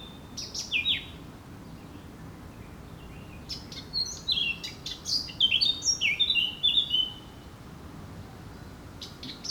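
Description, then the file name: Eurasian blackcap song: a brief burst of notes near the start, then a longer run of rapid, varied warbling notes in the middle. "Sylvia atricapilla"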